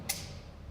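A preset click-type torque wrench, held with a hand in the middle of the handle, tightens a spark plug into an alloy cylinder head. A single sharp click sounds at 0.1 s over a low background hum. The wrench has clicked at its setting and the spark plug is confirmed at the correct tension.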